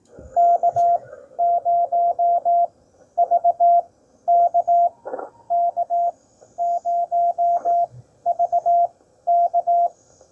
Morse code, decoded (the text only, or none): K0VK K0VK